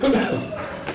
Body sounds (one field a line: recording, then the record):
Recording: coughing mixed with background sound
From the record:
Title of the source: Residual Phlegmy Morning Coughing and Gagging